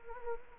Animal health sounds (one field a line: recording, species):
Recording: mosquito wingbeat signal from an infrared sensor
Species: Anopheles gambiae